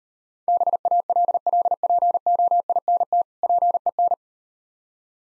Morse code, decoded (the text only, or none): BALLPOINT PEN